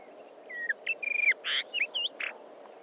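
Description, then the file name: Rufous-tailed rock thrush giving a short run of clear whistled notes, some slurred downward, mixed with quick rapid trills, over a steady low background hiss. "Codirossone"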